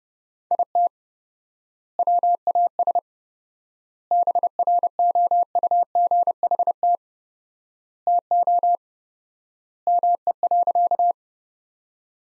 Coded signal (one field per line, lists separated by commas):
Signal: Morse code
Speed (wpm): 30 wpm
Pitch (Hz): 700 Hz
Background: none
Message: IT WAS BROUGHT TO ME.